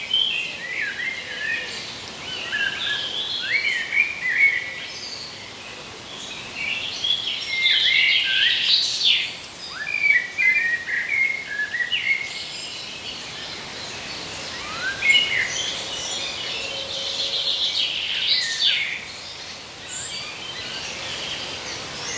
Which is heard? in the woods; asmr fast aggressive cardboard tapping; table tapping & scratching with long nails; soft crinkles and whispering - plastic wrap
in the woods